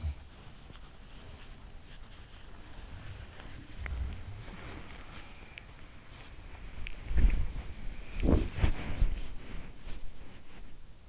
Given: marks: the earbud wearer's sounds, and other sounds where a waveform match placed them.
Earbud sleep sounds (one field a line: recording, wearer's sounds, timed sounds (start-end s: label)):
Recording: sounds in sleep by an in-ear microphone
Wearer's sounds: body movement, teeth grinding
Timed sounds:
0.00-11.09 s: body movement
5.48-7.08 s: teeth grinding